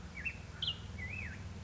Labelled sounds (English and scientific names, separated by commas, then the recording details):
Black-headed Grosbeak (Pheucticus melanocephalus)
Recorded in Sonoma County, California